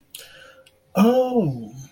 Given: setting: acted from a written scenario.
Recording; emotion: vocal sound without words; embarrassment